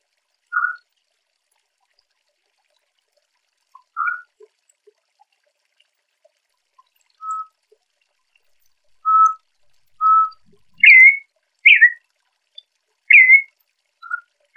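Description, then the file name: Campo troupial whistling: sparse level notes at first, then a run of louder, sharply inflected whistles that jump up and drop, several in quick succession near the end. Calling to fire up a male. "Corrupião-Piando-Para-Esquentar-Macho"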